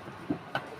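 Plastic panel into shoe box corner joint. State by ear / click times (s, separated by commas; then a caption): seated / 0.6 s. A plastic shoe box panel corner is pushed into its corner joint and seats. A soft low thud at about 0.3 s is followed by a sharp, brighter click at 0.6 s as the panel clicks in. No one talks during the clip.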